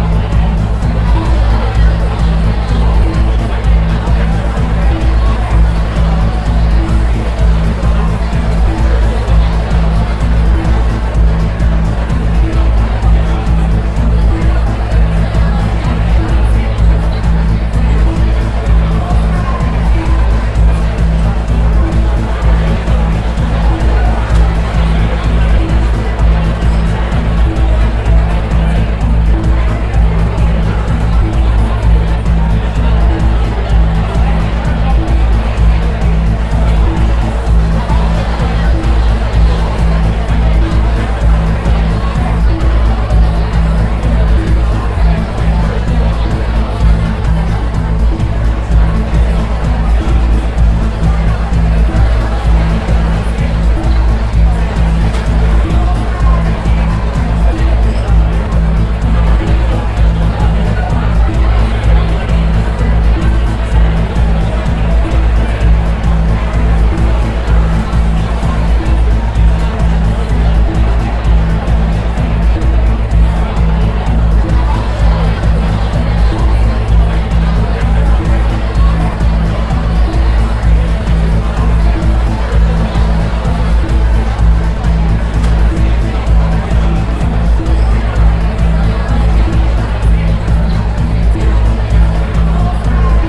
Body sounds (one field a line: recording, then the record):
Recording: background sound without coughing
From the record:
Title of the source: Party Noise 1 Hour Party Ambience